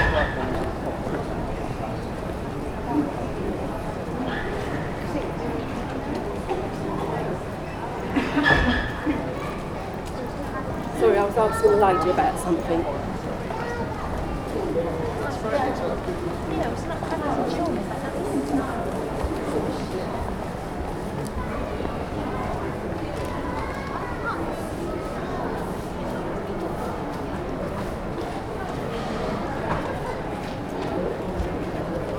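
A busy shopping street crowded with Christmas shoppers, their voices blending into a constant murmur of talk. The crowd noise holds steady throughout, with brief louder moments around 8 and 11–13 seconds, including a sharp knock and a few clearer voices.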